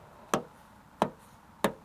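A rear lower exterior window belt seal on a Nissan Xterra, Frontier or Pathfinder is pushed all the way down onto the door panel flange. Three sharp clicks are heard at 0.3, 1.0 and 1.6 seconds, louder than on the front seal. The seal is seated home on the flange.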